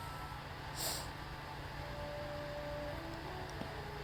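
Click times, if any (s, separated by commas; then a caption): none. A small wooden door from a book nook model kit is handled at its doorframe, with a steady low hum throughout, a brief soft hiss near 0.9 seconds and a faint tick around 3.6 seconds. Nothing has seated or clicked into place yet.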